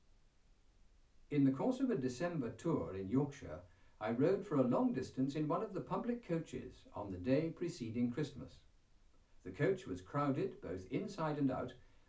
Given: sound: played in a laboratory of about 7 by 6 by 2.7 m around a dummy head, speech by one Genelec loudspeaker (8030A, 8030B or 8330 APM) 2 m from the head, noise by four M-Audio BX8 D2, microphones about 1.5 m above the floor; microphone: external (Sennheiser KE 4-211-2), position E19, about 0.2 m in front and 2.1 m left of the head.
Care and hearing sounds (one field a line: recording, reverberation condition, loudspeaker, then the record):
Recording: male speech in English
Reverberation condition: low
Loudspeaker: 60 degrees to the right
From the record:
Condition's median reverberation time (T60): about 310 ms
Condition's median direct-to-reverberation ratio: about 3.5 dB